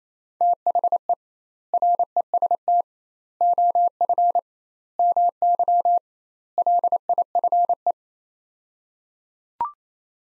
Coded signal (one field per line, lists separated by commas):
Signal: Morse code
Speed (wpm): 28 wpm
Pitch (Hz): 700 Hz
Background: none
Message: THE REST OF MY LIFE